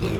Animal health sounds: contact call of a hoofed animal; pig; closed-mouth grunt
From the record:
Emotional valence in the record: positive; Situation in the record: food and toys in familiar pen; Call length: 0.20 s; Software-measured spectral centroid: 2230 Hz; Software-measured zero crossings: 1300 a second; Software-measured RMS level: -25 dBFS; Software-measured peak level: -14 dBFS

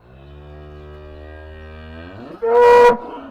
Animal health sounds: contact call of a hoofed animal; cattle; low-frequency (closed-mouth) or high-frequency (open-mouth) call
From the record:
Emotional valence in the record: positive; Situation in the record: physical reunion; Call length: 3.4 s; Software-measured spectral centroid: 1820 Hz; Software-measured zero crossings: 1110 a second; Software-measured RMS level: -18 dBFS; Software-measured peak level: -4 dBFS

